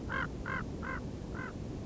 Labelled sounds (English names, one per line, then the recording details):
Common Raven
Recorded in Sonoma County, California